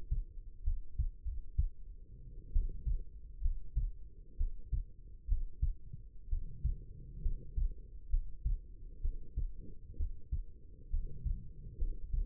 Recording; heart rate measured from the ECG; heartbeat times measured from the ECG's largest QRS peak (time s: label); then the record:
heart sounds by stethoscope; 65 bpm
0.63 s: heartbeat
1.23 s: heartbeat
2.52 s: heartbeat
3.41 s: heartbeat
4.36 s: heartbeat
5.27 s: heartbeat
6.28 s: heartbeat
7.21 s: heartbeat
8.09 s: heartbeat
9.01 s: heartbeat
9.96 s: heartbeat
10.89 s: heartbeat
11.77 s: heartbeat
From the record:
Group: healthy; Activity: cold pressor test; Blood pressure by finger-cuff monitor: 110/73 mmHg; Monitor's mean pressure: 83 mmHg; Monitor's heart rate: 65 bpm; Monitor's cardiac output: 5.3 L/min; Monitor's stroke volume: 79 mL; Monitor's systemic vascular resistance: 1150 dyn s/cm5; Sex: female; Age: 22 years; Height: 171 cm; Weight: 65.6 kg